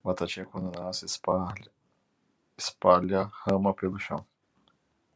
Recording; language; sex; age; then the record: short text; Brazilian Portuguese; male; 40 to 49 years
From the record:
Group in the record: control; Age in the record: 40 years